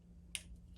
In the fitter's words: we're going to attach the pin cover this just clips back on